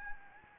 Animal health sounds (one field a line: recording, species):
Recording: mosquito wingbeat signal from an infrared sensor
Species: Anopheles gambiae